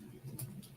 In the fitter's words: And that pops right in.